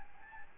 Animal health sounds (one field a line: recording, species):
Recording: mosquito wingbeat signal from an infrared sensor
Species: Aedes albopictus